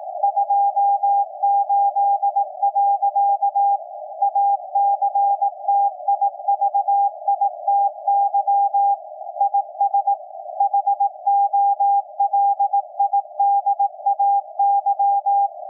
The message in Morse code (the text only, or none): 28. ACTIVITY IS HOLIDAY